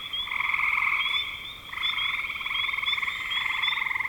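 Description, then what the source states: Frogs trilling together in pulsed, buzzy calls, with a brief lull before the chorus resumes and faint high chirps above. Recorded in spring 2025.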